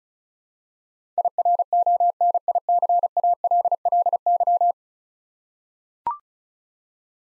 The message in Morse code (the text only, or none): IRONICALLY